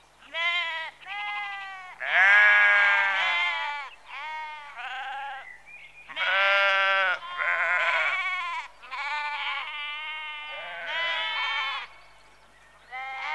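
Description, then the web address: Sheep bleating almost continuously, overlapping wavering bleats from several animals, loud and harsh, with brief pauses. Rural exterior atmosphere, sheep in early evening, recorded close. "BBC Sound Effects Library - Exterior Atmospheres-Rural Backg Sheep Early Evening- Close"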